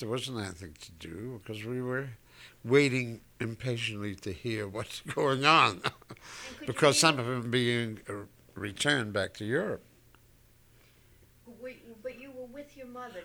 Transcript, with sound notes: There was nothing, nothing to do. Because we were waiting impatiently to hear what's going on. (he laughs) Because some were being returned back to Europe.
But you were with your mother?